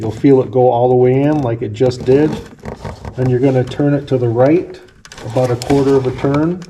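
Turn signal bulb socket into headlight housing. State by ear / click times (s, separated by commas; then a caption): not seated / none. An LED turn signal bulb socket is being fitted into the headlight housing of a Nissan Xterra, pushed straight in and then to be turned about a quarter turn to the right to lock. Someone talks throughout, and no distinct click is heard. Nothing has seated or locked yet by the end of the clip.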